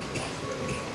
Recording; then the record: coughing mixed with background sound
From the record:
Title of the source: Dry Afternoon Cough